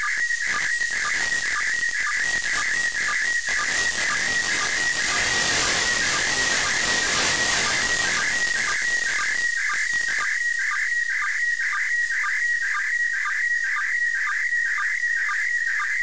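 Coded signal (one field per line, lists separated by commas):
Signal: SSTV (slow-scan television)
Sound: warbling whistle-like tone with steady rhythmic ticks about twice a second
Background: radio static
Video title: DECODIFICANDO TRANSMISSÃO SSTV DA ISS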